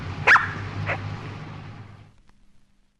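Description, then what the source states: Superb Lyrebird imitating a dog's bark: two short, sharp barks about half a second apart, the second fainter. Female superb lyrebird imitating a dog's bark.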